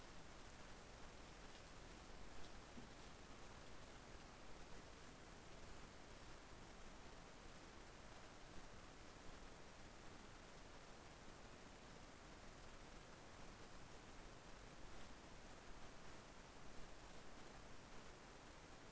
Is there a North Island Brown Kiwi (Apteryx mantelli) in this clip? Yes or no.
no